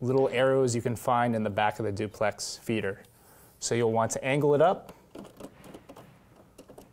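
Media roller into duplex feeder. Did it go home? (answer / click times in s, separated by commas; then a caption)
no / none. A photo media roller for a SureLab D1070 duplex feeder is angled up so its two tiny clasps line up with the arrows on the back of the feeder, positioned but not yet snapped in. Someone talks for most of the clip, then a few faint, light taps and handling sounds follow from about 5.9 s. Nothing has seated or clicked yet.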